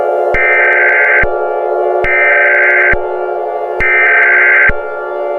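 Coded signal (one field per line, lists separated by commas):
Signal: Emergency Alert System (SAME) tones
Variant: header bursts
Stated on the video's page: Fictional EAS scenario, a created recreation rather than a real alert.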